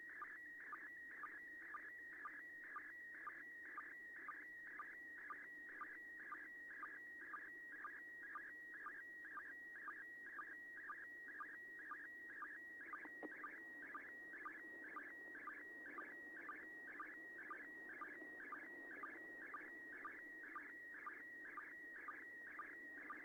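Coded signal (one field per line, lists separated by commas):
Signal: SSTV (slow-scan television)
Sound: steady warbling high tone broken by sharp low ticks about twice per second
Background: radio hiss, low hum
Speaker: fourth image is almost perfect [Laughter]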